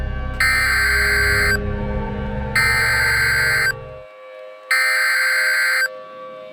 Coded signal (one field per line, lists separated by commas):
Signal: Emergency Alert System (SAME) tones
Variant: header bursts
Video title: COASTAL ERASING (EAS Scenario)